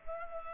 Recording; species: mosquito wingbeat signal from an infrared sensor; Culex pipiens